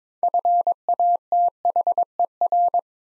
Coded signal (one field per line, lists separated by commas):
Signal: Morse code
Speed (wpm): 22 wpm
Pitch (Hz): 700 Hz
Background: none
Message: FATHER